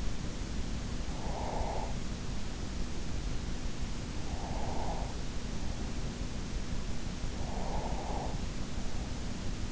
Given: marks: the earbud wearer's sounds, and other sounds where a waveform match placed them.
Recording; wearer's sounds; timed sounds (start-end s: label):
sounds in sleep by an in-ear microphone; breath
1.11-3.06 s: breath
4.30-6.25 s: breath
7.48-9.72 s: breath